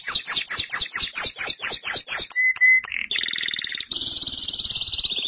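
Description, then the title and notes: Canary song: a brisk series of repeated descending notes, a short pure whistle, then buzzy rolling trills running to the end. "BM Suara Kenari. BM Suara Burung Kenari"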